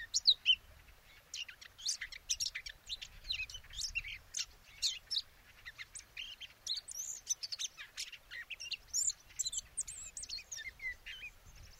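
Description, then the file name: Eurasian blackcap delivering a long run of rapid chirps and thin whistled notes, with a faint low rumble underneath. "Sylvia atricapilla"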